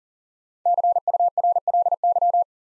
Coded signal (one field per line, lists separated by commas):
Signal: Morse code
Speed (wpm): 38 wpm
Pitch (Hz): 700 Hz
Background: none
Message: CURLY